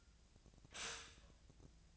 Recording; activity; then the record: daily activity, microphone in the room; stop toaster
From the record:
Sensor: 2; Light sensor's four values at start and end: 23/56/24/26 and 23/56/24/26